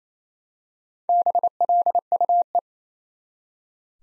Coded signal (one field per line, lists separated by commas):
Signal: Morse code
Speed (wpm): 27 wpm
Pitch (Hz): 700 Hz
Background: none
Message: BLUE